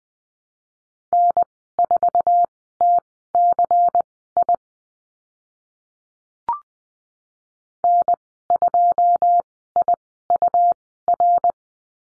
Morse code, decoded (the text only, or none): N4TCI N2IUR